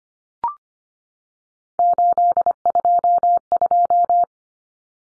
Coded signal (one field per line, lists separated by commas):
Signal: Morse code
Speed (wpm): 25 wpm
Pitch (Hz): 700 Hz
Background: none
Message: 822